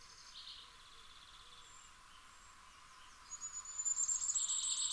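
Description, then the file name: Common firecrest song: a high, thin, rapid phrase building over the final seconds, preceded by soft chirps. "Fiorrancino"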